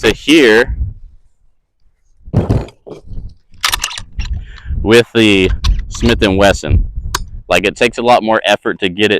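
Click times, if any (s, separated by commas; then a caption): 3.7 s. The lever of a Smith & Wesson lever-action rifle is closed until it locks home on the receiver, producing a clearly noticeable metallic click at 3.7 s, with a few quieter clicks following. Someone talks before and after, and the lever ends up seated in its locked position.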